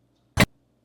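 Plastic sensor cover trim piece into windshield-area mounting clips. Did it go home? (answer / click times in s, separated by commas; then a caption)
yes / 0.4 s. The plastic ADAS sensor cover trim piece on a 2024 Kia EV6 GT, removed for a Comma 3X install, is hooked in at the top, then its bottom is pushed up toward the windshield into the mounting clips. A single sharp tick is heard at 0.4 s (0.41 s) against a quiet background. The clips snap in and the trim piece is seated.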